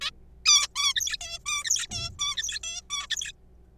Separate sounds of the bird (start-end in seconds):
0.01-0.10, 0.46-0.67, 0.76-0.94, 0.95-1.17, 1.21-1.39, 1.46-1.64, 1.65-1.87, 1.91-2.10, 2.19-2.37, 2.37-2.59, 2.63-2.81, 2.90-3.06, 3.10-3.32